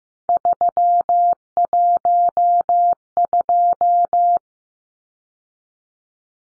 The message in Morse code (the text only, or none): 312